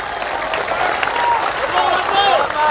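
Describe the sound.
A crowd claps steadily in a dense, sustained burst of applause at a live talk in Batam on 4 February 2019, with faint voices and calls mixed into the clapping throughout.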